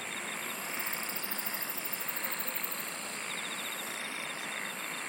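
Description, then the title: Insect song with a sustained shrill tone and a rapid series of high, rhythmic pulses in the middle, plus short chirp trains beneath, amid steady hiss. "SINGING OF INSECTS"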